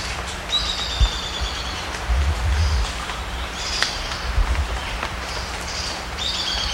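Bird calls: thin, buzzy trilled notes near the start and again at the end, with a few sharp chirps between, over persistent low rumble.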